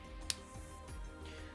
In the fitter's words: Ooh, that was a satisfying snap.